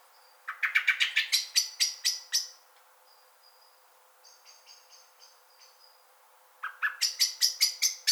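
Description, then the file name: Common blackbird delivering two rapid strings of harsh chinking notes with a gap between, where soft high thin whistles are heard. "Turdus merula"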